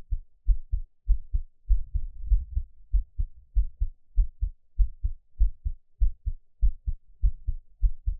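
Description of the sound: An adult's normal heartbeat heard up close, about 98 beats per minute with a fairly regular rhythm. The paired low-pitched thumps sit below 200 Hz, with no talking.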